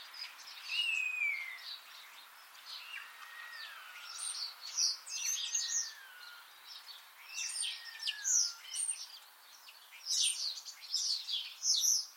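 Common starling producing several long, downslurred whistles over a steady background of squeaky, rattling chatter.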